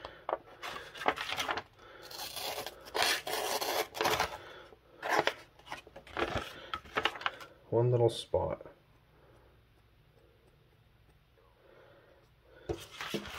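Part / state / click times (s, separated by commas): dagger into its sheath / not seated / none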